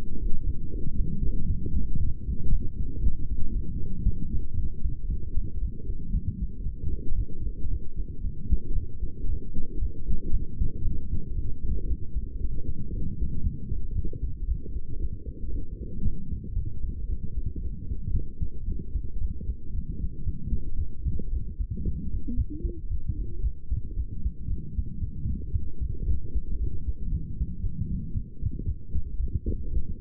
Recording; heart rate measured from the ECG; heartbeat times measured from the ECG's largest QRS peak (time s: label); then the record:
heart sounds by stethoscope; 115 bpm
0.46 s: heartbeat
0.98 s: heartbeat
1.48 s: heartbeat
1.99 s: heartbeat
2.51 s: heartbeat
3.02 s: heartbeat
3.54 s: heartbeat
4.05 s: heartbeat
4.56 s: heartbeat
5.08 s: heartbeat
5.60 s: heartbeat
6.13 s: heartbeat
6.64 s: heartbeat
7.17 s: heartbeat
7.70 s: heartbeat
8.23 s: heartbeat
8.75 s: heartbeat
9.28 s: heartbeat
9.81 s: heartbeat
10.32 s: heartbeat
10.84 s: heartbeat
11.35 s: heartbeat
11.87 s: heartbeat
12.40 s: heartbeat
12.92 s: heartbeat
13.43 s: heartbeat
13.94 s: heartbeat
14.47 s: heartbeat
14.99 s: heartbeat
15.52 s: heartbeat
16.04 s: heartbeat
16.55 s: heartbeat
17.08 s: heartbeat
17.62 s: heartbeat
18.13 s: heartbeat
18.67 s: heartbeat
19.20 s: heartbeat
19.74 s: heartbeat
20.25 s: heartbeat
20.78 s: heartbeat
21.32 s: heartbeat
21.85 s: heartbeat
22.36 s: heartbeat
22.90 s: heartbeat
23.43 s: heartbeat
23.96 s: heartbeat
24.49 s: heartbeat
25.01 s: heartbeat
25.52 s: heartbeat
26.06 s: heartbeat
26.59 s: heartbeat
27.11 s: heartbeat
27.63 s: heartbeat
28.14 s: heartbeat
28.65 s: heartbeat
29.19 s: heartbeat
29.72 s: heartbeat
From the record:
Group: healthy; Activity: light exercise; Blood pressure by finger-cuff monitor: 127/75 mmHg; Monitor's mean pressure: 91 mmHg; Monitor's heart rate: 115 bpm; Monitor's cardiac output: 9.4 L/min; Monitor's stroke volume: 81 mL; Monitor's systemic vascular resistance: 710 dyn s/cm5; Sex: female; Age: 22 years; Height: 163 cm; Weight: 67.1 kg